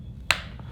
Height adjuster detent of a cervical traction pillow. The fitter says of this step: you're at one line heard you heard two clicks and once again you're just on